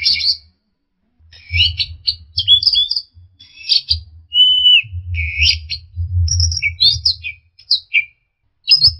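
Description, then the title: Flycatcher (sikatan londo): flycatcher song of varied high chirps, slurred whistles and short buzzy notes in quick phrases, over a low rumbling hum that comes and goes. Masteran training recording for cage birds, fast full-speed song with densely packed phrases. "Suara Burung Sikatan Londo Masteran Tembakan Full Speed Rapet"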